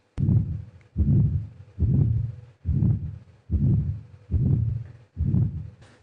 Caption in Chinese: 小儿心脏杂音。 感觉依稀也能辨认出好像是有两声，但是有点模糊混在一起的感觉。 它是在 我们两个心音当中，就痛特当中，你听到一个呜呜呜，这是很不正常的。 因为先天心脏病它往往在里面会有一些畸形，比如说狭窄，或者是 有一个孔，或者是瓣膜断裂产生的这样一些声音。